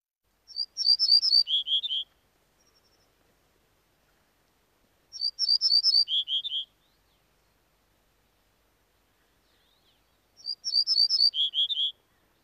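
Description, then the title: Ortolan bunting singing a short phrase of ringing high notes that drops to several lower buzzy notes, repeated three times about every five seconds. "Viikon luontoääni: Peltosirkku"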